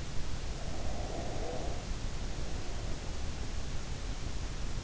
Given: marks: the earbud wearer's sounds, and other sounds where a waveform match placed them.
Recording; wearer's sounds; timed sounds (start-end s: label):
sounds in sleep by an in-ear microphone; breath
0.38-3.63 s: breath